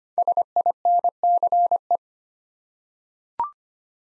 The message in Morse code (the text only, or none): SINCE